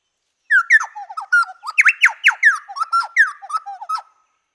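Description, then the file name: Chowchilla song: loud burst of ringing, swooping whistles and rapid chatter, delivered in a rhythmic tumbling run lasting about three and a half seconds. "Orthonyx Spaldingii"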